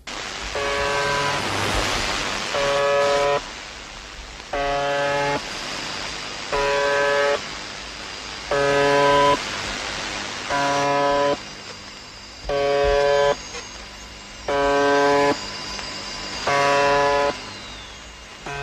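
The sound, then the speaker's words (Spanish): A shortwave numbers station's harsh, droning buzz sounds in about eight steady bursts, each roughly a second long, separated by short gaps of hissing radio static. “Pues sí, han pasado casi 30 años desde que por primera vez ciudadano con su receptor de onda corta recibiera este extraño zumbido en los 4.625 kilohercios que se repite aproximadamente 30 veces por minuto, todas las horas del día,”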